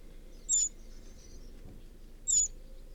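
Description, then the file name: Eurasian wren calling with two short, high, sharp notes spaced nearly two seconds apart, low rumbling hum underneath. "Troglodytes troglodytes"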